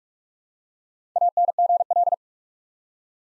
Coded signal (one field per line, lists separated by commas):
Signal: Morse code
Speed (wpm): 44 wpm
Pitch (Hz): 700 Hz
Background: none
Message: ANGL